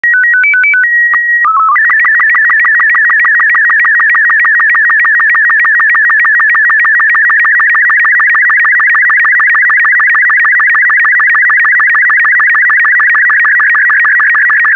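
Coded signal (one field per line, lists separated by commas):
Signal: SSTV (slow-scan television)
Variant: Robot 36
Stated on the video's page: Robot36 SSTV image made specially for decoding.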